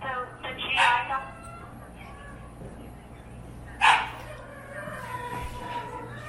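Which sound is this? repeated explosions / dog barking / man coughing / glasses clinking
dog barking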